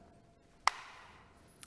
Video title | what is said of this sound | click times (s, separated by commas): SBS Cartridge and Dispenser Introduction | so now it is properly installed I heard the click sound | 0.7 s